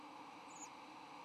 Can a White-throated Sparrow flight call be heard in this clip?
no